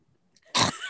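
After a near-silent moment, one short, harsh throat-clearing burst lasts about a third of a second and fades into a rough tail. This is a single clearing of phlegm from the throat in an adult with a phlegm overproduction problem.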